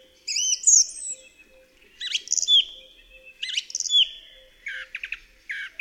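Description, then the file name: Song thrush delivering rich whistled phrases and rattling bursts, each separated by short silences, over a faint intermittent low tone. "DROZD SPIEWAK"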